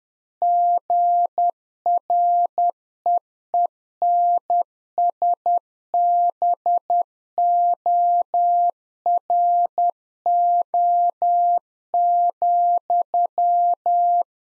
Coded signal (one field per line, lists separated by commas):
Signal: Morse code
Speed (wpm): 10 wpm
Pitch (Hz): 700 Hz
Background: none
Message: GREENSBORO,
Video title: Practice QSO - Exchange 1- Beginning - 10wpm